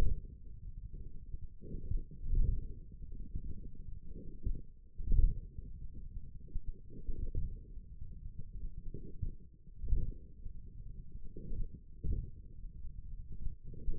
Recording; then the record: forearm muscle sounds (acoustic myography)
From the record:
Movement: wrist flexion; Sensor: system 1, eight BSWA MPA416 microphones around the upper forearm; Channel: 7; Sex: male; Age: 28 years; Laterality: right